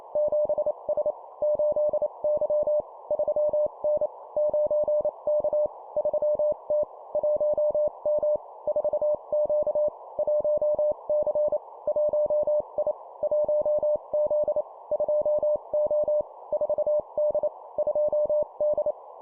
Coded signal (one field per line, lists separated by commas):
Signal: Morse code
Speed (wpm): 28 wpm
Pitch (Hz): 600 Hz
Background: none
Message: 7S 8Y 3N 9K 3T 1M 4Q 1C 1I 1Z 2O 4D 2D